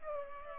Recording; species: mosquito wingbeat signal from an infrared sensor; Culex pipiens